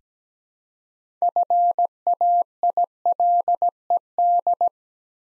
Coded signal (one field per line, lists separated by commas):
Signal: Morse code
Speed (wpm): 17 wpm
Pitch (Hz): 700 Hz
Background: none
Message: FAILED